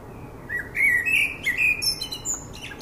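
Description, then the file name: Common blackbird singing one short phrase of rich, fluty whistled notes, quickly followed by a scratchy, high-pitched twittering flourish. "Turdus merula"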